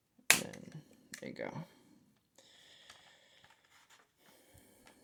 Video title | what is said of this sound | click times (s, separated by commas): Poe Dameron's X-wing - The Vintage Collection - Star Wars Toy Review | and this does like click into place so you just push it a little bit and it flips down then there you | 0.3 s